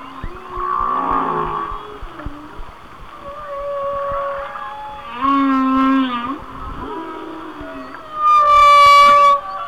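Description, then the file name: Whale song, wavering low moans, a buzzy harmonic phrase, then a loud high tonal cry with strong overtones. "Whale Songs- Mike Mc Donald"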